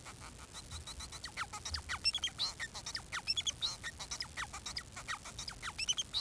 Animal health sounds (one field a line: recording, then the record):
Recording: song of a male Bengalese finch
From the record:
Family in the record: son of father 4